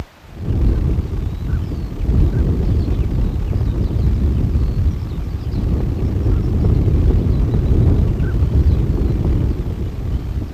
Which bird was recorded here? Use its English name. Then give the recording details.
Northern Pintail. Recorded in the wild. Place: Krombachtalsperre, DE. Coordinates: 50.6217, 8.12722. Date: 1964-03-23. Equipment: Uher Report 4000, AKG D190. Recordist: Krey, Winfried